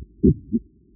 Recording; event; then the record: neck accelerometer signal played as sound; voluntary cough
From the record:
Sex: male